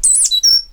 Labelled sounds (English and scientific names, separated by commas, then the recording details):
Stitchbird (Notiomystis cincta) song
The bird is a male
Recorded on Tiritiri Matangi Island, New Zealand, in 2005
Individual 8, of nest box 10